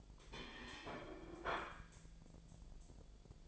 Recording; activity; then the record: daily activity, microphone in the room; place plate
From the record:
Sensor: 5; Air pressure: 1009.5 hPa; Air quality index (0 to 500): 167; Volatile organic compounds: 4 ppm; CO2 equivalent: 1624 ppm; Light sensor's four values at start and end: 96/255/103/109 and 96/256/104/110